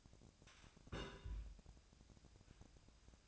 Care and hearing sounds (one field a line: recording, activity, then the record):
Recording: daily activity, microphone in the room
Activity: place on stove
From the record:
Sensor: 2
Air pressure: 999.8 hPa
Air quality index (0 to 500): 122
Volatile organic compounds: 2 ppm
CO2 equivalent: 1054 ppm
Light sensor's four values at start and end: 35/87/38/43 and 35/87/38/42